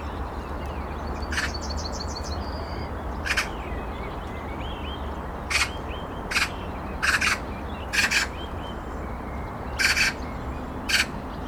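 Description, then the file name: Eurasian magpie uttering harsh, noisy chak notes, single and doubled, scattered irregularly throughout, while other small birds twitter and whistle faintly behind. "Pica pica"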